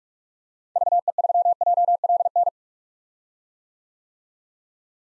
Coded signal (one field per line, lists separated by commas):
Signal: Morse code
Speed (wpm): 46 wpm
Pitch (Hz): 700 Hz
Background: none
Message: VE3JLN